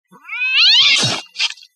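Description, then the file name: Cat meowing: one drawn-out, harmonic-rich wail that rises and swells for about a second, breaks into a rough noisy end, then a brief short second sound. "koshka"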